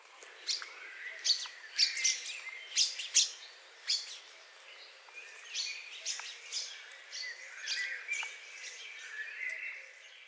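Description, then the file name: Common chaffinch calls: many short, bright chirps and sharp high notes in quick, irregular bursts, overlapping one another, louder in the first half and softer later. "Fringilla coelebs"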